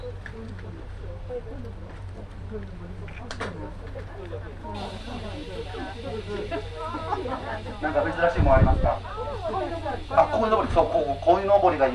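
Aboard the Shimanto Torokko 2 train, many voices chatter over a steady low rumble, a brighter hiss joining after five seconds, with bumps near eight.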